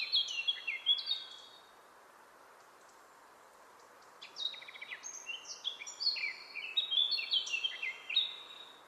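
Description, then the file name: Eurasian blackcap song, the tail of one warbled phrase, a quiet gap of about three seconds, then a longer rapid phrase of bright, fluty, tumbling notes. "Sylvia atricapilla"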